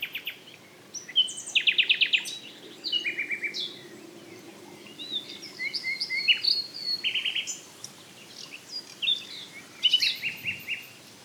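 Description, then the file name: Common nightingale delivering fast stuttering trills, rising whistles and harsh rattled notes in bursts separated by brief silences, with a soft constant background hum. "Luscinia megarhynchos"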